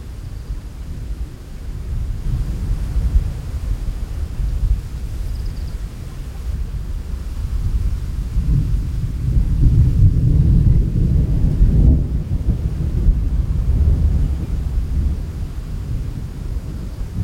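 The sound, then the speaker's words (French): Low, rolling thunder of a storm passing over a plain rumbles continuously, swelling into a heavier, deeper roar midway before easing back into a steady grumble as the storm moves away, with no voices. “Alors ça, c'est des sons assez typiques de plaine, c'est-à-dire que l'orage roule, il avance. En montagne, il va craquer, il va exploser et très vite disparaître. Alors que là, ça roule, ça passe, ça s'éloigne, ça va dans le paysage.”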